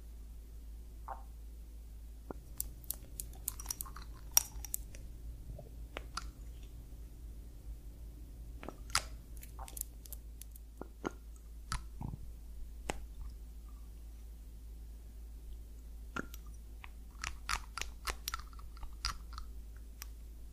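Scalp massage with crisp, crackly scratching and rustling of fingers moving through hair, coming in uneven bursts: clusters early on, again around the middle, and through the last few seconds. A low, steady hum sits underneath throughout.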